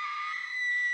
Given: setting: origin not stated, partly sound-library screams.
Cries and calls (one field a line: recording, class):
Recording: one-second piece from a danger detection set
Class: woman in danger